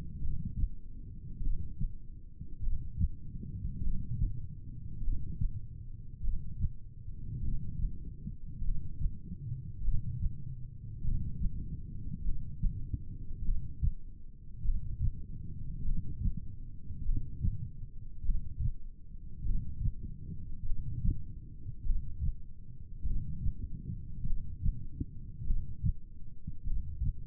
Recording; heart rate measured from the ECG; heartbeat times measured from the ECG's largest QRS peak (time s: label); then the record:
heart sounds by stethoscope; 50 bpm
0.23 s: heartbeat
1.44 s: heartbeat
2.64 s: heartbeat
3.84 s: heartbeat
5.04 s: heartbeat
6.24 s: heartbeat
7.45 s: heartbeat
8.65 s: heartbeat
9.85 s: heartbeat
11.05 s: heartbeat
12.26 s: heartbeat
13.46 s: heartbeat
14.66 s: heartbeat
15.86 s: heartbeat
17.06 s: heartbeat
18.26 s: heartbeat
19.47 s: heartbeat
20.67 s: heartbeat
21.87 s: heartbeat
23.08 s: heartbeat
24.28 s: heartbeat
25.48 s: heartbeat
26.68 s: heartbeat
From the record:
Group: heart failure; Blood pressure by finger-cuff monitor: 112/56 mmHg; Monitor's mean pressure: 74 mmHg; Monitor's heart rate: 50 bpm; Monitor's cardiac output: 4.7 L/min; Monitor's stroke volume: 93 mL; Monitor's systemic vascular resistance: 1110 dyn s/cm5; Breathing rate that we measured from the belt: 15 breaths a minute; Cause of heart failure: cardiac sarcoid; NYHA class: 1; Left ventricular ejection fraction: 39%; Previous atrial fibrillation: present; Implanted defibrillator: present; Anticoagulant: apixaban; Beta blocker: carvedilol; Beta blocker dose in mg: 50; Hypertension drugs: ramipril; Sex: male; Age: 79 years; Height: 184 cm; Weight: 92.5 kg